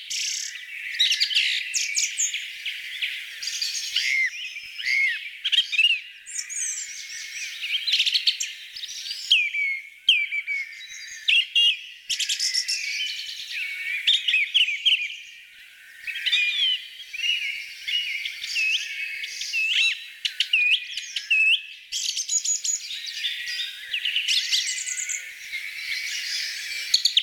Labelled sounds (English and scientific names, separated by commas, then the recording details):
Song Thrush (Turdus philomelos) song
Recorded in the wild
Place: Flögelner See, Schleswig-Holstein, DE
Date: 1987-05-28
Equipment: Alparon-Reflektor
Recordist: Schwarz, Dieter
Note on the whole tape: Song